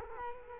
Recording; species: mosquito wingbeat signal from an infrared sensor; Culex quinquefasciatus